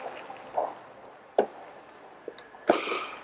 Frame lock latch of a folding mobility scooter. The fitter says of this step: until we hear the click sounds the scooter is fully unfolded right now